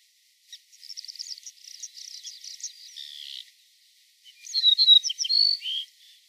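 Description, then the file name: Yellowhammer song: a rapid run of high, thin, repeated notes ending in a lower drawn-out note, then a second, louder burst of high notes. "Gyllensparv"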